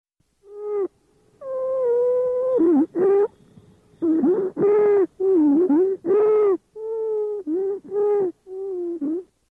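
Stridor in an adult.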